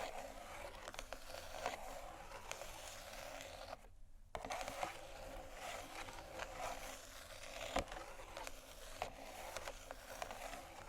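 Scratching and tapping on canisters, a dense, gritty rasp that runs almost without letup and sits mostly in the middle and upper range. Sharper taps cut through now and then, near 1.5, 5, 8 and 9 seconds, and the sound drops out briefly around the four-second mark.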